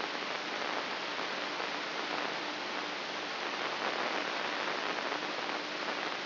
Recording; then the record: brain microelectrode recording played as sound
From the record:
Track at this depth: inside the subthalamic nucleus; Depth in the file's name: 4.385 mm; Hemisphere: left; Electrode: 3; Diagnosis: Parkinson's disease